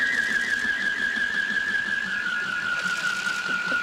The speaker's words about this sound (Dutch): En als je die heel hard rondslingert, dan krijg je een soort sirene. Een paar kerstlampjes eraan en je hebt eigenlijk een soort geluidsbloem.